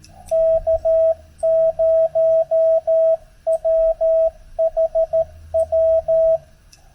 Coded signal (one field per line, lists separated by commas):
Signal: Morse code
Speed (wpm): 14 wpm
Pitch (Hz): 650 Hz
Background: none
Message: K0WHW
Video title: Ham Radio Shenanigans - POTA - K-2726 - Crowders Mountain State Park, N. Carolina - KO4GAR w/ FT8